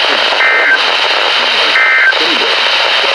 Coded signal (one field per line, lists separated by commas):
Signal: Emergency Alert System (SAME) tones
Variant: end-of-message bursts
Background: speech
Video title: COMPLETELY UNEXPECTED. | [EAS #210-245] | EAS Alerts from 3/12/26